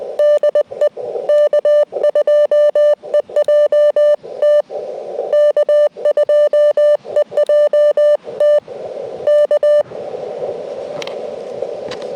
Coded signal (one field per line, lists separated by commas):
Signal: Morse code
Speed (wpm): 20 wpm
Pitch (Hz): 590 Hz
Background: radio noise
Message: DE K2EJT K2EJT K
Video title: Bramley Mountain SOTA